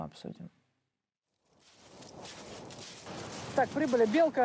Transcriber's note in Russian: фрагмент репортажа